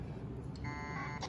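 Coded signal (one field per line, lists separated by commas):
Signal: packet radio (AX.25, as in APRS)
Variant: 1200 baud AFSK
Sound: a brief harsh warbling data burst about half a second long, then a click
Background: background hiss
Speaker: my system sends a message saying i've got a message for you and it says okay i'm ready to receive the message and then the message is sent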